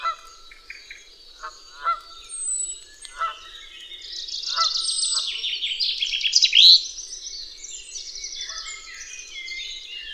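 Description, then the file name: Canada goose gives several nasal honks, then a loud, busy songbird twittering takes over. At Dwingelderveld. "Canadese ganzen op Dwingelder Veld - Sound Cloud - luc de bruijn"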